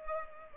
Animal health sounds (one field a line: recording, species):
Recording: mosquito wingbeat signal from an infrared sensor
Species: Culex pipiens